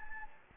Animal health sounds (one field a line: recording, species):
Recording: mosquito wingbeat signal from an infrared sensor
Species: Anopheles gambiae